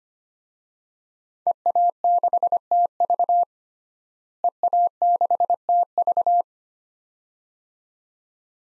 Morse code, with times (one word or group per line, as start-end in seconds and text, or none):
1.5-3.4 EA6TV
4.4-6.4 EA6TV